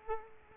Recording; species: mosquito wingbeat signal from an infrared sensor; Culex quinquefasciatus